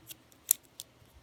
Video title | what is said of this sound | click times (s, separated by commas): Bakugan - DRAGONOID COLLOSUS DELUXE Review | those will all kind of just lock into place and hold everything very nicely and it's NE | 0.5 s, 0.8 s